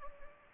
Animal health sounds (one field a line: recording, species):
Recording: mosquito wingbeat signal from an infrared sensor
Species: Anopheles gambiae